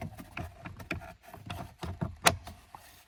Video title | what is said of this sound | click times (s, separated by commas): Porsche Cayenne Turbo 958 Cabin Filter Replacement | All right, you can hear it click, so once it's in the right spot, | 2.3 s